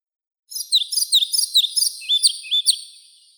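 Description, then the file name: European pied flycatcher song: a rapid series of high, sweet, sharply pitched notes, ending in a few slurred twists. "Ficedula hypoleuca"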